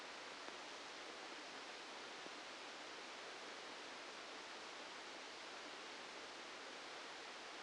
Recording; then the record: brain microelectrode recording played as sound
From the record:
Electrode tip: outside the subthalamic nucleus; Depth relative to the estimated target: -6 mm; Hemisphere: right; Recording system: NeuroSet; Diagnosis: Parkinson's disease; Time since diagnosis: 8 years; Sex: male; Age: 65 years